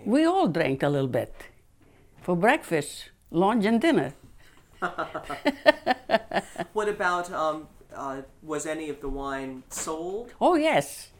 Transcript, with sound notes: We all drink a little bit. For breakfast, lunch and dinner. ( they laugh )
What about, was any of the wine sold?
Oh, yes.